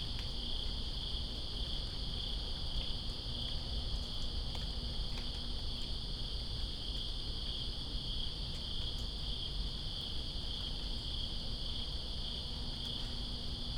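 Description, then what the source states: Crickets keep up a constant shrill drone lasting the whole stretch, mixed with steady rain noise and scattered drips. In rain, Greensboro, 2017-09-02.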